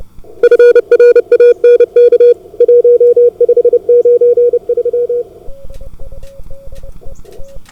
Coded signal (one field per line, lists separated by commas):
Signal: Morse code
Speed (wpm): 27 wpm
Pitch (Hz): 480 Hz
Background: none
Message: FRANK 1593